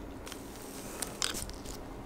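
With its three battery terminals lined up with the holes in the plastic inner cover, the cover is pressed into the metal body of an Apple AirTag tracker tag. After a few faint ticks near 0.3 s, three sharp plastic clicks ring out at 1.0, 1.3 and 1.5 s as the cover's three plastic clips snap home. The cover is fully seated.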